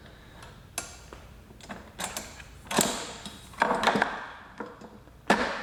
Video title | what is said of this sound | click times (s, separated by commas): Craftsman 1900psi 1.2gpm Electric Pressure Washer - Unboxing and Full Review - Best Pressure Washers | just push them in and it should snap right into place | 0.8 s, 5.3 s